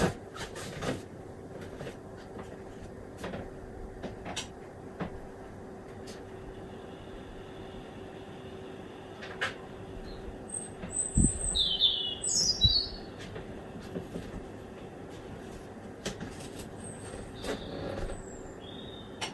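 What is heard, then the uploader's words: Birdsong at 1 am: a few bright, quick chirps around the eleven to twelve second mark, with a fainter call near the end. Underneath runs a steady low rumble with a faint constant tone, like traffic or a train, and scattered soft knocks and clicks. Birdsong Recorded From My Kitchen Window At 1 Am.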